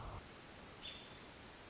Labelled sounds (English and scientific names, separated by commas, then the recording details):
American Robin (Turdus migratorius)
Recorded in Sonoma County, California